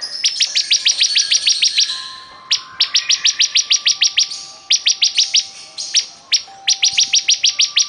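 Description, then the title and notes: Bar-winged prinia song: fast series of sharp, high notes in grouped runs, with a faint steady tone underneath at times. Singing vigorously ('gacor'). "Suara Burung Ciblek Gacor"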